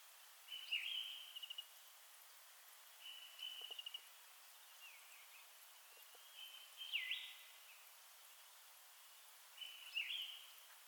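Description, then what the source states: Northern flicker giving sharp, downslurred single calls every few seconds, with soft chattering notes between them against a hissy background. Subspecies Colaptes auratus collaris.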